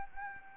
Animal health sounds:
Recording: mosquito wingbeat signal from an infrared sensor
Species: Anopheles gambiae

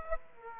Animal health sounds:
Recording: mosquito wingbeat signal from an infrared sensor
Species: Aedes aegypti

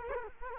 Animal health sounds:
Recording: mosquito wingbeat signal from an infrared sensor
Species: Culex quinquefasciatus

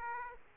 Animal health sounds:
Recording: mosquito wingbeat signal from an infrared sensor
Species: Aedes aegypti

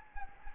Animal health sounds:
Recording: mosquito wingbeat signal from an infrared sensor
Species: Anopheles gambiae

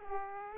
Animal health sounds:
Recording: mosquito wingbeat signal from an infrared sensor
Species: Aedes aegypti

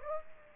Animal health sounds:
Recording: mosquito wingbeat signal from an infrared sensor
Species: Aedes aegypti

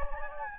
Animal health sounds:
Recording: mosquito wingbeat signal from an infrared sensor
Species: Anopheles gambiae

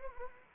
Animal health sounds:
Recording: mosquito wingbeat signal from an infrared sensor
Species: Anopheles arabiensis

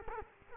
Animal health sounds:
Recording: mosquito wingbeat signal from an infrared sensor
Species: Culex quinquefasciatus

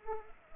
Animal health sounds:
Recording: mosquito wingbeat signal from an infrared sensor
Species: Culex pipiens

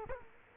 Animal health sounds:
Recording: mosquito wingbeat signal from an infrared sensor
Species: Culex quinquefasciatus

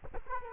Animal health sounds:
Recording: mosquito wingbeat signal from an infrared sensor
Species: Culex quinquefasciatus

